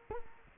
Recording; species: mosquito wingbeat signal from an infrared sensor; Culex quinquefasciatus